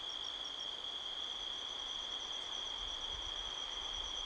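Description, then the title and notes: Cricket: brief stretch of steady, high cricket trilling with rapid pulsed chirps above it and a low wind gust near the end. Midnight, 5 October 2023, canyon at Sedona, Arizona, USA; strong wind blowing across the canyon rustling trees, crickets calling all around. "Midnight Soundscape, Sedona, Arizona, USA on 5th October 2023 – by Joe Harvey-Whyte. A strong wind blows across the canyon, rustling trees. The sound of crickets can be heard all around"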